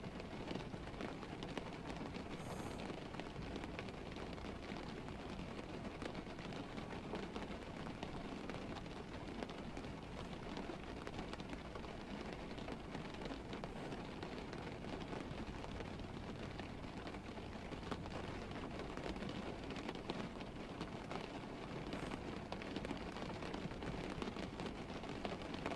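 Rain on a rainy night, falling steadily and densely for the whole stretch with a constant hiss and patter. A low rumble runs underneath throughout, and a few faint brighter ticks stand out near 3 and 22 seconds.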